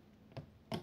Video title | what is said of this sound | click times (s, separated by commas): Comment utiliser la maxi plaque à tamponner et ses accessoires | un tampon qu'on a envie de faire sur plusieurs endroits en décalé en fait ça va nous permettre de pouvoir tamponner de façon décalée puisqu'elle va se clipser dans les encoches | 0.4 s, 0.7 s